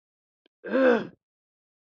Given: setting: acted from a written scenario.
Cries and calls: vocal sound without words; disappointment

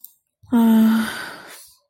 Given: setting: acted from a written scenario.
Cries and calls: vocal sound without words; sympathy

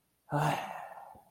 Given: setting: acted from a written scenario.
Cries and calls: vocal sound without words; serenity

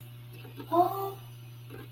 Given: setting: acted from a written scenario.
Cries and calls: vocal sound without words; adoration

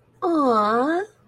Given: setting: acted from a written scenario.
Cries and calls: vocal sound without words; adoration

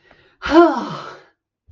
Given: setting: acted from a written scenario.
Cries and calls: vocal sound without words; ecstasy

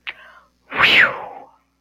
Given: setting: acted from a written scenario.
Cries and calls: vocal sound without words; relief

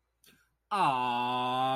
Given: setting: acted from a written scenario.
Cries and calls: vocal sound without words; awe

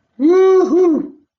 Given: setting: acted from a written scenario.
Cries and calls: vocal sound without words; elation

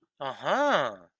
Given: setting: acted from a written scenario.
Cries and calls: vocal sound without words; interest

